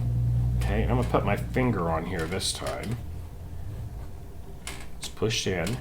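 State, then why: Not seated. Someone talks while pushing the pin slide on the sliding radius arm of a Baby Lock circular sewing attachment in with a finger, moving the pin closer to the needle on an Altair sewing machine. Light handling and tapping sounds are heard under the talk, but the arm has not clicked into its notches or seated yet.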